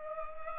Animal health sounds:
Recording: mosquito wingbeat signal from an infrared sensor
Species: Culex pipiens

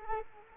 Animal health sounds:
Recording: mosquito wingbeat signal from an infrared sensor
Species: Culex quinquefasciatus

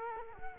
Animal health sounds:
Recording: mosquito wingbeat signal from an infrared sensor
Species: Culex quinquefasciatus

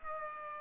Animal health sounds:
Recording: mosquito wingbeat signal from an infrared sensor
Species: Aedes aegypti

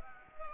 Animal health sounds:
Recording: mosquito wingbeat signal from an infrared sensor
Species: Anopheles gambiae

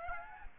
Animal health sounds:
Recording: mosquito wingbeat signal from an infrared sensor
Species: Aedes aegypti

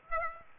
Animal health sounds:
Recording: mosquito wingbeat signal from an infrared sensor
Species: Aedes aegypti

